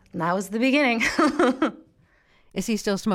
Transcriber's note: laughter